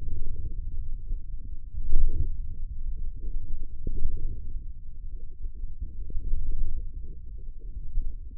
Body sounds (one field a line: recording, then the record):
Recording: forearm muscle sounds (acoustic myography)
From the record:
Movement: radial deviation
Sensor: system 1, eight BSWA MPA416 microphones around the upper forearm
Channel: 6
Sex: male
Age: 20 years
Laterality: left